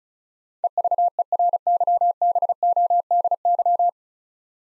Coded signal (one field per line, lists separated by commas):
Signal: Morse code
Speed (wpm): 36 wpm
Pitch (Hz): 700 Hz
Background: none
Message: EVERYBODY